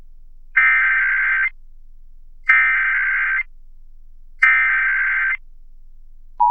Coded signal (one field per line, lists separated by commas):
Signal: Emergency Alert System (SAME) tones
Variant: header bursts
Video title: SiriusXM Monthly Test (1/18/23)(EAS 1372)